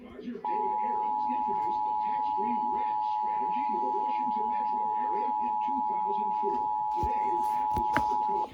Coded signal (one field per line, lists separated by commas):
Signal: Emergency Alert System (SAME) tones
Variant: 853 and 960 Hz attention tone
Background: speech